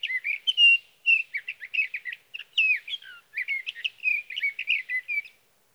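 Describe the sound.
Sage thrasher singing a long, varied warble of twittering and slurred whistles, with brief pauses, continuing for over five seconds.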